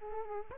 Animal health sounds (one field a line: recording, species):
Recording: mosquito wingbeat signal from an infrared sensor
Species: Culex quinquefasciatus